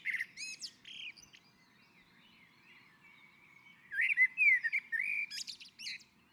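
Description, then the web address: Common blackbird singing two fluty whistled phrases separated by a pause, each finishing in squeaky, high twittered flourishes. On a roof. "Naturinspelningar Koltrast på taket"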